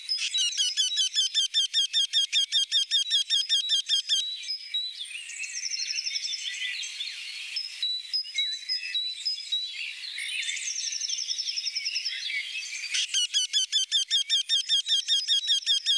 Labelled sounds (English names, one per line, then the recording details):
Eurasian Wryneck song
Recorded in the wild
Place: Lehen / Freiburg im Breisgau, Baden-Württemberg, DE
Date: 1975-04-27
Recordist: Schwarz, Dieter